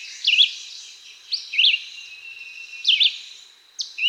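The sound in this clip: Red-eyed Vireo singing three short whistled phrases, each a quick down-up slur, spaced a little over a second apart, ending with the start of a fourth.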